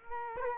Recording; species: mosquito wingbeat signal from an infrared sensor; Culex quinquefasciatus